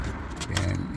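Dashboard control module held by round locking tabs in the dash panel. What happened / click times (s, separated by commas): The panel popped free of its retaining clips / 0.6 s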